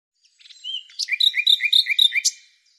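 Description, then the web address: Bird song opening with soft slurred notes, then a steady series of sharp high chirps, against a quiet background. "Deverinetal 2025"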